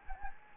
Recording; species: mosquito wingbeat signal from an infrared sensor; Anopheles gambiae